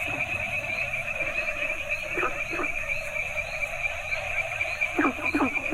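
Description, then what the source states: Frogs: frog chorus drone with a few downward-sliding croaks early on and a quick cluster of three near the end. Mixed variety of Asian frog species calling together.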